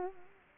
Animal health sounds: mosquito wingbeat signal from an infrared sensor; Anopheles arabiensis

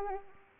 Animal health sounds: mosquito wingbeat signal from an infrared sensor; Anopheles arabiensis

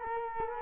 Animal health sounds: mosquito wingbeat signal from an infrared sensor; Culex quinquefasciatus

